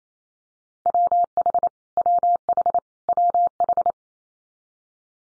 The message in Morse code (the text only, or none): WH WH WH